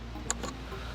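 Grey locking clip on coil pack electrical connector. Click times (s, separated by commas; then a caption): 0.3 s. A tool levers up the grey plastic locking clip on the electrical connector of an ignition coil pack on a Kia Cerato (K3 Forte Cee'd). A sharp click is heard at 0.3 s, followed by a softer knock at about 0.4 s. The clip is released and up.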